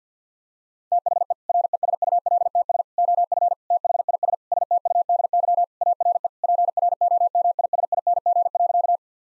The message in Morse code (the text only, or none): THE RESULTS OF THIS STUDY ARE PROMISING.